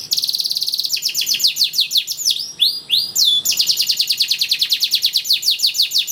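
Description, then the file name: Canary song: long rapid trills of high, repeated chirps, broken by a few slurred whistles before another fast rolling run. "kenari koboy jr"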